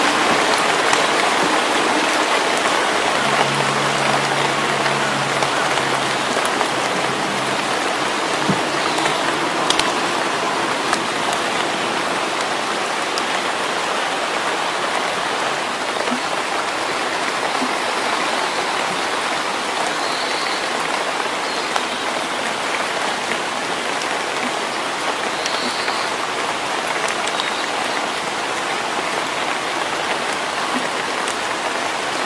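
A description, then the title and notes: Steady rain falls in a forest in early summer, a dense, even hiss that holds level for the whole stretch. A low hum drifts in around 3 to 8 seconds, and brief higher chirps, likely birds, surface near 20 and 26 seconds. Rainy days in the forest in early summer.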